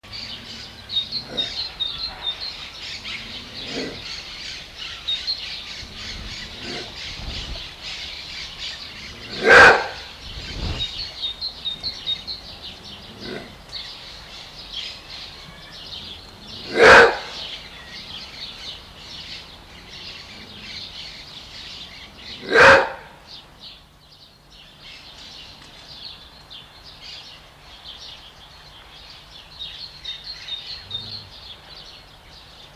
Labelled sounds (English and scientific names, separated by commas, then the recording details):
Maned Wolf (Chrysocyon brachyurus)
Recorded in captivity
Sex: male
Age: adult
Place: Zoo Halle, Sachsen-Anhalt, DE
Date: 1993-04-26 16:39
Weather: fair, 26°C
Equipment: Sony WM-D6C, Sony ECM-939 LT, Kopie Uher Variocord 263
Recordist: Tembrock, Günter
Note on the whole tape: Knurren bis Bellen gegen Assistenten